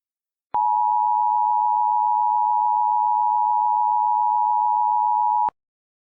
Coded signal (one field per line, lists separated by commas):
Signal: Emergency Alert System (SAME) tones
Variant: 853 and 960 Hz attention tone